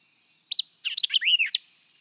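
White-eyed vireo singing one brisk phrase: an emphatic high note, a pause, then tumbling whistled slurs and a closing snappy chip.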